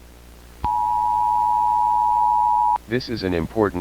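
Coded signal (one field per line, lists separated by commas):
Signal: Emergency Alert System (SAME) tones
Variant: 853 and 960 Hz attention tone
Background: speech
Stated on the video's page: Fictional analog horror emergency alert scenarios and a hacked television alert about zombies, not real warnings.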